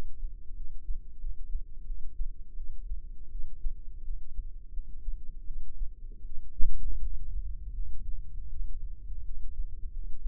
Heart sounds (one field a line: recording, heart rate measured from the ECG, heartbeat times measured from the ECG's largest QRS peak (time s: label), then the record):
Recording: heart sounds by microphone in the left ear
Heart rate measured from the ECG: 83 bpm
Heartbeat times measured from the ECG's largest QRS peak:
0.55 s: heartbeat
1.19 s: heartbeat
1.84 s: heartbeat
2.54 s: heartbeat
3.29 s: heartbeat
4.03 s: heartbeat
4.71 s: heartbeat
5.45 s: heartbeat
6.24 s: heartbeat
7.00 s: heartbeat
7.72 s: heartbeat
8.48 s: heartbeat
9.23 s: heartbeat
9.91 s: heartbeat
From the record:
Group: healthy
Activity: rest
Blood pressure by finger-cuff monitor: 109/68 mmHg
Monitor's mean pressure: 80 mmHg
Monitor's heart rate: 88 bpm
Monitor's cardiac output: 6.9 L/min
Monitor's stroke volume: 77 mL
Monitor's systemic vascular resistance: 850 dyn s/cm5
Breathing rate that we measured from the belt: 21 breaths a minute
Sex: female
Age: 19 years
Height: 163 cm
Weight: 48.9 kg